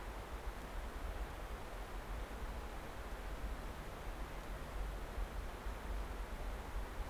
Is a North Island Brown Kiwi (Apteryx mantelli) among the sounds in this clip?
no